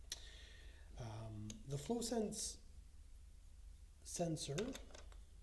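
A flow sensor is handled near a ventilation training device while someone talks, with a sharp tick at 0.1 s and a faint one at 5.1 s. Nothing has seated or clicked yet; the sensor is not yet home.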